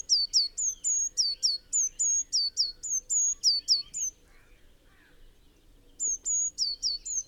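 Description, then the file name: Eurasian blue tit giving a fast run of high, piercing notes, level whistles followed by downward sweeps, then a pause of about two seconds before the series resumes. "Cyanistes caeruleus"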